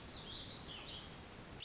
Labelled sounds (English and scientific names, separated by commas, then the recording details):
Warbling Vireo (Vireo gilvus)
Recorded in Sonoma County, California